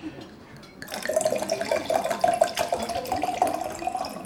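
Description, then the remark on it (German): Wine is poured to refill a glass, flowing steadily after a short quiet start, a continuous splashing gurgle with a faint, slowly rising tone as the glass fills. No one speaks. “Darf ich Ihnen Wein nachschenken? Ja, bitte.”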